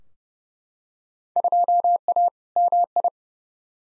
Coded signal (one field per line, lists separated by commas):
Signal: Morse code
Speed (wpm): 31 wpm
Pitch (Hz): 700 Hz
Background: none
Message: 2A MI